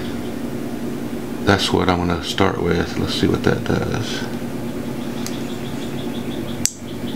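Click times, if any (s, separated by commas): 6.6 s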